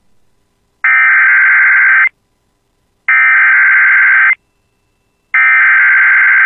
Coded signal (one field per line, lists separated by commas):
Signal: Emergency Alert System (SAME) tones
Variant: header bursts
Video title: [EAS] Severe Thunderstorm Watch for the Bemidji Area (7/6/26)